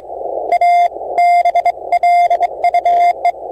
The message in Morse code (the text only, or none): A BLUE